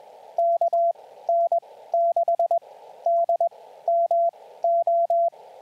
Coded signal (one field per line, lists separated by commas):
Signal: Morse code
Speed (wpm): 21 wpm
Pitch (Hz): 680 Hz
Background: radio noise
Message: KN6DMO